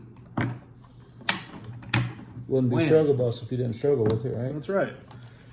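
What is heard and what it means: A power clip is handled against a Weller Big Boy Toys Jig-or-Naut fishing jig machine after a struggle to fit it, with sharp knocks at about 0.4, 1.3 and 1.9 seconds before someone talks. The clip has not popped into place yet, and nothing has seated or clicked.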